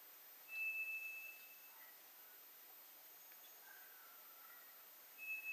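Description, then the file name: White's thrush song: a drawn-out thin whistle, then another whistle starting at the end. Recorded 2 July 2007. "toratugumi 20070702"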